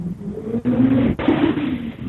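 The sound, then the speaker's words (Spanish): A car engine drones steadily over a muffled, narrowband phone line from a member of the Atrapamuros collective, a low humming rumble with brief dips and cutouts, and no voice comes through. “Se escucha el auto de fondo, pero no se escucha la voz del compañero.”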